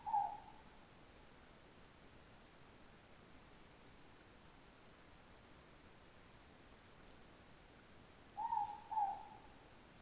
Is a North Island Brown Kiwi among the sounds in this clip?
no